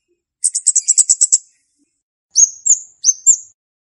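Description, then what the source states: Flowerpecker song: a rapid run of very high, thin ticking notes, then two pairs of sharp, high, slurred chirps. Song used as a lure for trapping birds.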